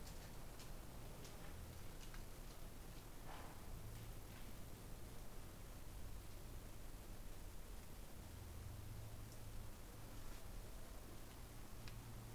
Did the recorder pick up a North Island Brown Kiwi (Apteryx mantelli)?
no